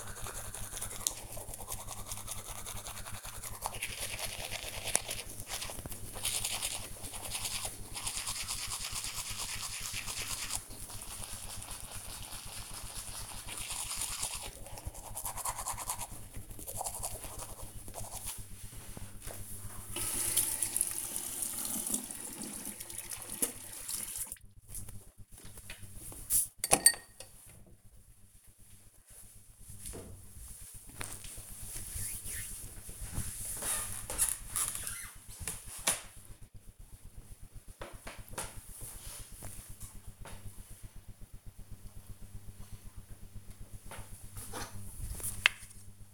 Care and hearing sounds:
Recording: household activities, microphone on the right wrist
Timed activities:
0.00-27.28 s: brushing teeth
43.35-46.13 s: cream hands

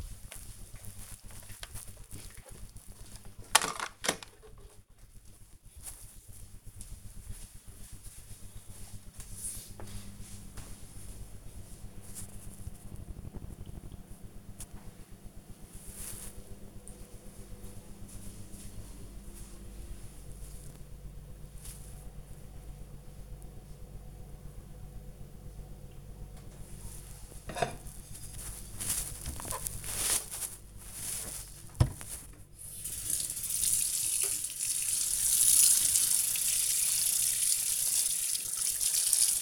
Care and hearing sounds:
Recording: household activities, microphone on the right wrist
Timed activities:
25.40-39.42 s: washing dishes

